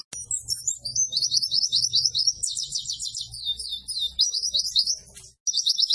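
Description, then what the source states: White-eye song: very high, rapid twittering and trilled phrases run almost without pause, briefly breaking off near the end before resuming, over a faint low hum. Pleci gacor (white-eye singing vigorously); a masteran (tutor) training recording played to cage birds to teach them song.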